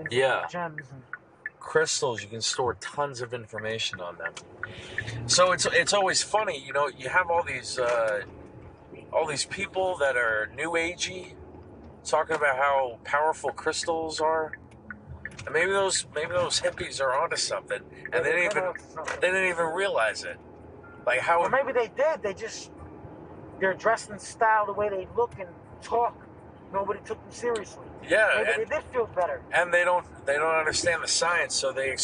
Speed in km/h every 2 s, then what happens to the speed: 0, 0, 13, 23, 27, 31, 29, 24, 31, 44, 55, 63, 66, 71, 74, 77.
0-2 standing. 2-10 pulls away to 31. 10-15 steady at about 29. 15-32 speeds up to 77.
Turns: 12-17.